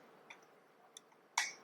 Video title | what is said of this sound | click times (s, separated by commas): Sewing Machine for Beginners - How to Thread a Bobbin - Winding a Bobbin - Loading a Bobbin | and I hear it click, and I leave it. | 1.4 s